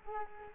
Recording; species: mosquito wingbeat signal from an infrared sensor; Culex quinquefasciatus